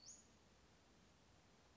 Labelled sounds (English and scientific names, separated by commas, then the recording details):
Western Flycatcher (Empidonax difficilis)
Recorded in Sonoma County, California